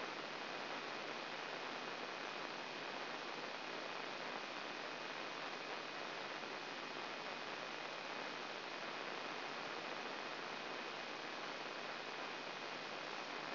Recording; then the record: brain microelectrode recording played as sound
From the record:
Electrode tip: inside the subthalamic nucleus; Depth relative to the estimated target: -2 mm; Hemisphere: left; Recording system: AlphaMap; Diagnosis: Parkinson's disease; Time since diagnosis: 9 years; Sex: male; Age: 66 years